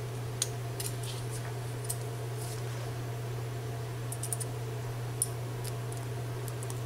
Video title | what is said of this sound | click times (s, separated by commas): Honda Civic Rear Brake Pads and Rotor Replacement (2006-2011) | you can see they kind of just snap into place just like that one in the top one on the bottom | 0.4 s, 5.2 s